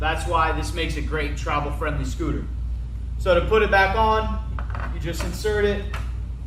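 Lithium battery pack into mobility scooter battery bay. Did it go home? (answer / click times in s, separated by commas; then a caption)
no / none. A lithium battery pack is being handled for insertion back into the battery bay of a Merits Health Yoga folding mobility scooter while someone talks throughout, with a low steady hum underneath. Nothing has seated or clicked yet.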